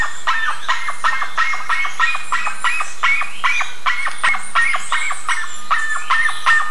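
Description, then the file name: Bird calls, rapid harsh repeated notes in a steady stream, with thin high squeaks above. "SABIOD 50 bird 2015"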